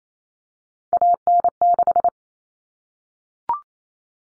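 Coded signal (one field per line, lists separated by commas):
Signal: Morse code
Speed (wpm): 28 wpm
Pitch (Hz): 700 Hz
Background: none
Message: AN6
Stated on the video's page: Head-copy drill of three-digit numbers in cut numbers (T, A, N for 0, 1, 9) at 28 wpm, each sent, spoken, then sent again.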